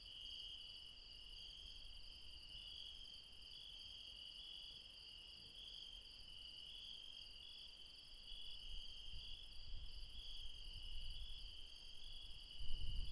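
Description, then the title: Insects keep up a steady high trilling chorus, while low rumbling noise grows louder toward the end. Insects recorded late at night in the mountains at Refuge Krevatia, Barbala, Dion, Greece. "Refuge Krevatia, Μπαρμπαλά, Dion 601 00, Greece - Late night mountain insects"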